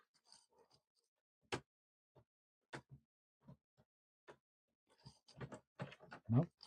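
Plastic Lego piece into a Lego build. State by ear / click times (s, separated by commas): not seated / none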